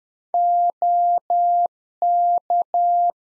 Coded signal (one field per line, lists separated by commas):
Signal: Morse code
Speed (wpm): 10 wpm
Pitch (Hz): 700 Hz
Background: none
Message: OK